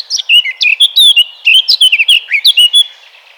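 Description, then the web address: Eurasian blackcap song phrase: a fast string of clear, varied whistled notes, bright and fluty, delivered over about three seconds. "vogelstimmen moenchsgrasmuecke gesang nabu lars lachmann"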